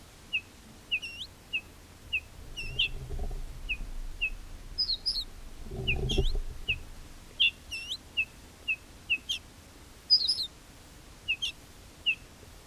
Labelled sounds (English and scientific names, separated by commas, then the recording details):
Ortolan Bunting (Emberiza hortulana) alarm call
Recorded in the wild
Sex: pair
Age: adult
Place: Schloß Holte-Stukenbrock, Senne, Nordrhein-Westfalen, DE
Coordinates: 51.8606, 8.65611
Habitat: edge of the woods
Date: 1967-06-04
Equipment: Uher 4000 Report-S, Bändchenmikro Beyer M 260, Parabolspiegel Polyester (470 mm)
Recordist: Conrads, Klaus